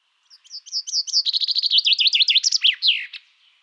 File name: Fringilla coelebs